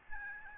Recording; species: mosquito wingbeat signal from an infrared sensor; Aedes albopictus